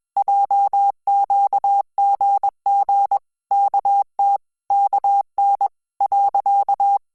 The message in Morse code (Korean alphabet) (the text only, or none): 했 어 요 .